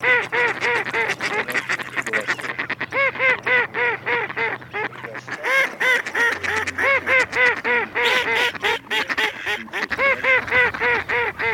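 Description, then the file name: Mallard quacking, a fast run of nasal, ringing quacks at about three per second, varying in strength. "Кряква Germano"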